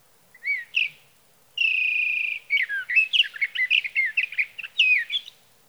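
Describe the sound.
Sage thrasher singing: two short notes, then a steady drawn-out whistle of about a second, then a rush of quick varied warbling phrases.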